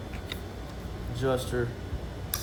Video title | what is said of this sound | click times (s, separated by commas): 2024-2026 Tacoma Katzkin Leather Install - Full How-To + Tools Required | should hear it click. | 0.3 s